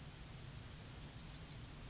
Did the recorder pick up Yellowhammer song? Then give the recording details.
yes. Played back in grassland. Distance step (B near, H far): D. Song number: 035